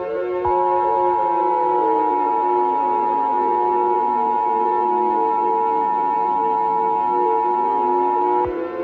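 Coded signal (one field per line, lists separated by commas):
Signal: Emergency Alert System (SAME) tones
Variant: 853 and 960 Hz attention tone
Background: music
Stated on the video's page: Fictional EAS scenario, not a real alert, using synthesized sirens for a shelter-in-place warning.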